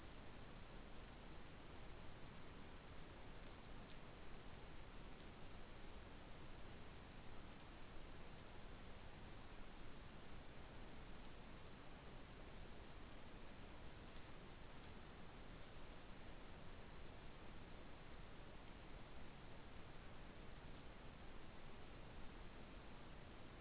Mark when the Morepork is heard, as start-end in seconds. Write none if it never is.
none